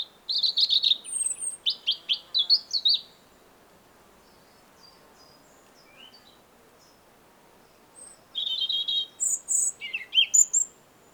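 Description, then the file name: European robin song in two bursts: a rapid warbling phrase of high notes, a few seconds of quiet, then another varied twittering and whistling phrase. "Erithacus rubecula"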